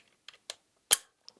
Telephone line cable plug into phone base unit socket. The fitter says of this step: that this tab here is not broken and then when you push it in you have to hear a click